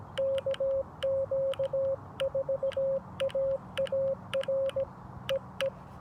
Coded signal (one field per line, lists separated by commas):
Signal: Morse code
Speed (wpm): 17 wpm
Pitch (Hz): 540 Hz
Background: none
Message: KQ4AAR EE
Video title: Morse Code with Parks On The Air, K-2755 William B. Umstead State Park (Subtitles)